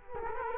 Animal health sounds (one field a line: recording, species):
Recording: mosquito wingbeat signal from an infrared sensor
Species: Culex quinquefasciatus